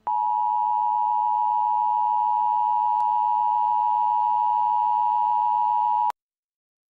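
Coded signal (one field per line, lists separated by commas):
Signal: Emergency Alert System (SAME) tones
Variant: 853 and 960 Hz attention tone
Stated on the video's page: Simulated EAS alert for a fictional event, using real EAS tones.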